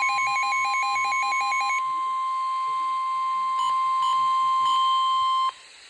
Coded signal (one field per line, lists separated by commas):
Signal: Emergency Alert System (SAME) tones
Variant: 1050 Hz attention tone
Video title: Severe Thunderstorm Warning (EAS #873) 4/16/26